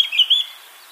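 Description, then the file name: Eurasian blackcap song fragment: a short, clear whistled phrase of a few sliding notes. "Sylvia atricapilla"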